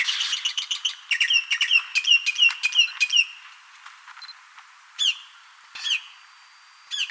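Bird calls: dense high chirps and squawky notes at the start, then single sharp downward chirps spaced about a second apart.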